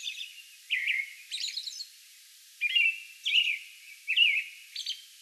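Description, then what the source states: American robin song of bright, slurred whistles interspersed with high, scratchy chittering notes. Song bout recorded on May 11.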